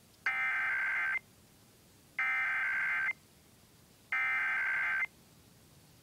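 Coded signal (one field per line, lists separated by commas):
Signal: Emergency Alert System (SAME) tones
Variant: header bursts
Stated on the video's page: Iowa Required Monthly Test originated from an AM station and relayed by radio and TV stations.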